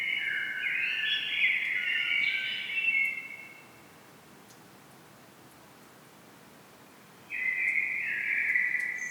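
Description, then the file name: Common blackbird: a rich, melodious warbled phrase of about three seconds, a long silent gap, then another mellow whistled phrase. "Turdus merula"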